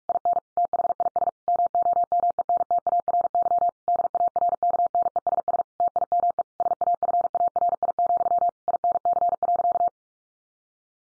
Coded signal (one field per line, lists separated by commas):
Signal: Morse code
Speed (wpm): 44 wpm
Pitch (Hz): 700 Hz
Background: none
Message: IN THIS MOMENTARY DARKNESS TIME SAFARI, INC.